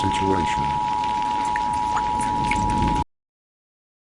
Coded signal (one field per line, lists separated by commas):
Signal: Emergency Alert System (SAME) tones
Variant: 853 and 960 Hz attention tone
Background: speech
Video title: EAS (New Map!) Added!